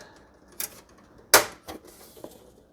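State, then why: Seated. The last edge of a metal I/O shield is pressed into the rear opening of a PC case and snaps home with a sharp, bright click at 1.3 s. Softer ticks and rattles come before and after it. The shield is seated.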